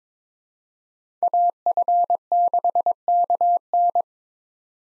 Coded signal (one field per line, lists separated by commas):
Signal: Morse code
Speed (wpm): 22 wpm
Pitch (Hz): 700 Hz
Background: none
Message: AF6KN